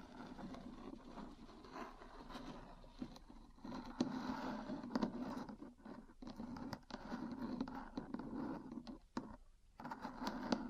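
Metal parts scrape and rub continuously, with sharp taps scattered throughout, sharpest near four, five, and ten seconds, over a low steady hum.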